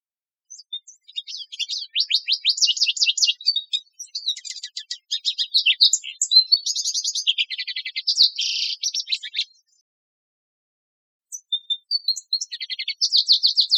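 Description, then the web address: Bird calls, rapid high-pitched chirps and buzzy trills running in dense bursts, a pause of about two seconds near the end, then more chirping. Recorded in Costa Rica. "birdvocals CR LAGO 031305"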